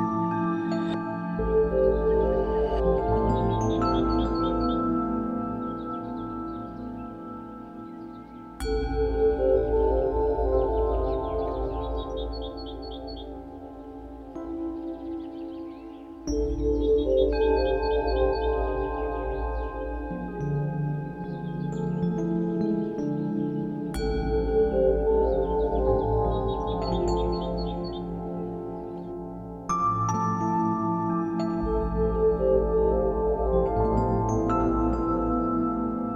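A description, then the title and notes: Tibetan bowls ring in long, sustained tones, struck again roughly every seven or eight seconds, each strike adding a fresh bright shimmer that slowly fades. A low steady hum sits underneath, and the layered tones beat and waver gently as they overlap. Tibetan Bowls.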